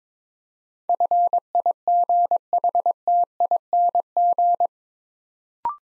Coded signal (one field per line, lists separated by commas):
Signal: Morse code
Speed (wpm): 22 wpm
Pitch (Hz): 700 Hz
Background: none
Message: FIGHTING